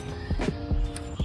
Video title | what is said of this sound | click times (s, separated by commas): Project 750li - Part 2: Top End Refresh | Seated well. Good positive click. | 1.0 s